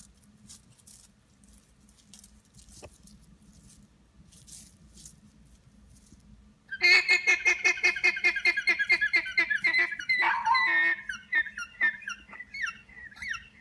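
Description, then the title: Alpaca alarm call: after a quiet start, a rapid run of harsh, nasal notes, loosening into scattered calls, over a low steady hum. Alarm call from an alpaca on a farm. "Serenity Farm Animals Justice The Alpaca"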